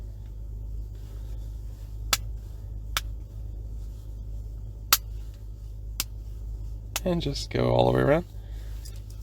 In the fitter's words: so basically clam shell it together until you hear some audible clicks